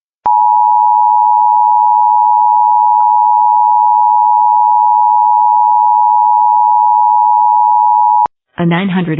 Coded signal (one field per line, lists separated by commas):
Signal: Emergency Alert System (SAME) tones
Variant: 853 and 960 Hz attention tone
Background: speech